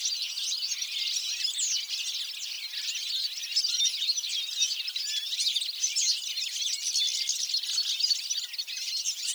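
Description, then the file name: European goldfinch flock chatter, a continuous wash of quick tinkling high notes from many birds at once, steady from start to end. "Carduelis carduelis"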